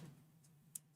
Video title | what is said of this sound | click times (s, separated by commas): I CAN'T (WONT) STOP making POKORNYI Wheels! PE GTB DIY Build w/ Sparco L999 Mugello | there we go snapped right in | 0.8 s